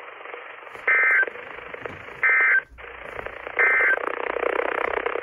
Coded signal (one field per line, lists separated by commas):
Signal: Emergency Alert System (SAME) tones